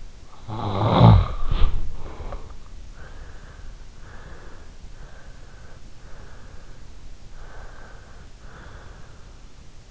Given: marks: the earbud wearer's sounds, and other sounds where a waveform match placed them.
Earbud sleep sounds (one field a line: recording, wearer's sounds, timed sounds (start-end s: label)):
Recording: sounds in sleep by an in-ear microphone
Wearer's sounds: snoring breath, body movement, breath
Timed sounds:
0.00-2.66 s: snoring breath
1.25-2.21 s: body movement
2.66-9.46 s: breath